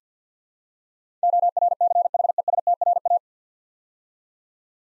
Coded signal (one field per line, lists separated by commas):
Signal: Morse code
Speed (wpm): 48 wpm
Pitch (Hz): 700 Hz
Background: none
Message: ORCHESTRA